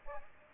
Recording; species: mosquito wingbeat signal from an infrared sensor; Aedes aegypti